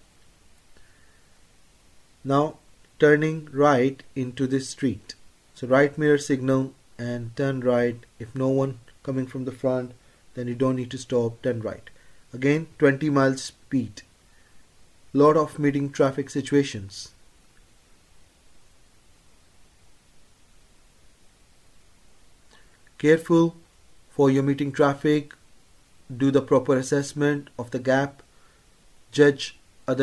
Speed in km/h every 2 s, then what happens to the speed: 24, 23, 19, 13, 13, 13, 16, 18, 18, 18, 18, 19, 19, 21, 21.
0-6 slows to 13. 6-30 steady at about 18.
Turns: 4-12.